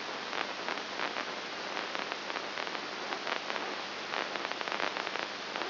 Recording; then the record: brain microelectrode recording played as sound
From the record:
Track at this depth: inside the subthalamic nucleus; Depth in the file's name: 3.301 mm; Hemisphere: right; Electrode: 2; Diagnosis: Parkinson's disease